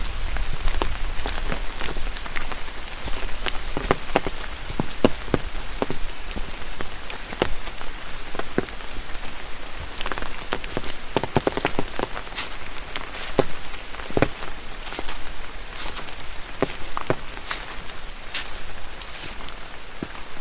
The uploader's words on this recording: Sounds of Rain on Umbrella. Walk Through the Forest.